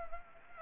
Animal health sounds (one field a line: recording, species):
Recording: mosquito wingbeat signal from an infrared sensor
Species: Anopheles gambiae